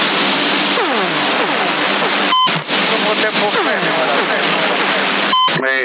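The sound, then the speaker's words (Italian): A hissy, static-filled CB radio transmission in Sassari with a very weak signal and a garbled voice with an added echo effect running throughout, broken twice by short squelch bursts carrying a brief tone, mid-clip and near the end. “È bella questo eco.”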